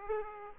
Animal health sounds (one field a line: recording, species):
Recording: mosquito wingbeat signal from an infrared sensor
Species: Aedes aegypti